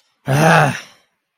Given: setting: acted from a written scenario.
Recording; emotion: vocal sound without words; anger